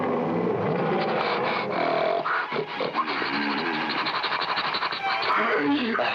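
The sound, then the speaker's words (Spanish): A bear roars loudly and without pause for about six seconds, a rough, growling bellow with grunting pulses rising and falling in strength. “Cuando se enfrente a un oso, hágase el muerto.”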